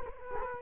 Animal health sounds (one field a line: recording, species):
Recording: mosquito wingbeat signal from an infrared sensor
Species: Culex quinquefasciatus